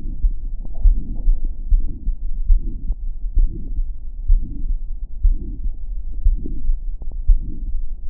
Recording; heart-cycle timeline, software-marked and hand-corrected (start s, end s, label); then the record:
heart sounds
0.00	0.22	systole
0.22	0.36	S2
0.36	0.84	diastole
0.84	0.98	S1
0.98	1.26	systole
1.26	1.38	S2
1.38	1.70	diastole
1.70	1.82	S1
1.82	2.06	systole
2.06	2.14	S2
2.14	2.48	diastole
2.48	2.62	S1
2.62	2.88	systole
2.88	2.98	S2
2.98	3.36	diastole
3.36	3.48	S1
3.48	3.76	systole
3.76	3.86	S2
3.86	4.28	diastole
4.28	4.42	S1
4.42	4.70	systole
4.70	4.80	S2
4.80	5.24	diastole
5.24	5.38	S1
5.38	5.66	systole
5.66	5.76	S2
5.76	6.24	diastole
6.24	6.38	S1
6.38	6.68	systole
6.68	6.80	S2
6.80	7.28	diastole
7.28	7.42	S1
7.42	7.70	systole
7.70	7.82	S2
7.82	8.10	diastole
From the record:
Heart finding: aortic stenosis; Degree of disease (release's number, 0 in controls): 3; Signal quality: good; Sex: female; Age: 72 years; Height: 1.58 m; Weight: 78 kg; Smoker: yes